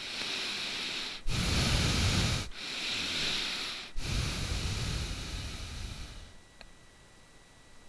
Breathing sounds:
nose breathing near a microphone
0.00-1.21 s: inhalation
1.21-2.42 s: exhalation
2.42-3.75 s: inhalation
3.75-6.14 s: exhalation
From the record:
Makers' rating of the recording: bad

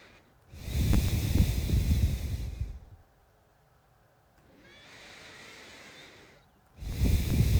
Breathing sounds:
nose breathing near a microphone
0.00-0.25 s: inhalation
0.25-2.92 s: exhalation
4.27-6.55 s: inhalation
6.55-7.59 s: exhalation
From the record:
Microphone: phone

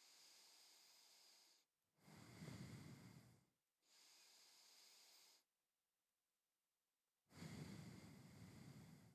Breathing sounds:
nose breathing near a microphone
0.00-1.72 s: inhalation
1.72-3.67 s: exhalation
3.67-5.57 s: inhalation
7.07-9.15 s: exhalation
From the record:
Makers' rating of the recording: medium

